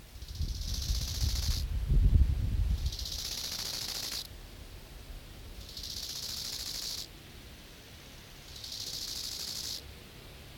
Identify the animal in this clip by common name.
Bow-winged Grasshopper